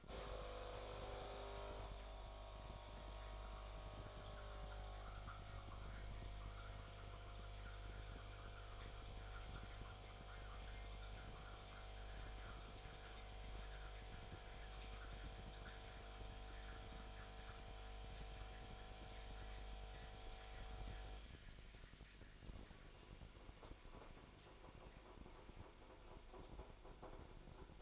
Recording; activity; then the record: daily activity, microphone in the room; make coffee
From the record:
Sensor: 5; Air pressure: 1004.3 hPa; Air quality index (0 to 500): 170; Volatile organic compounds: 4 ppm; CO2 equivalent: 1600 ppm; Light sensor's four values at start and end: 35/112/42/42 and 34/110/41/41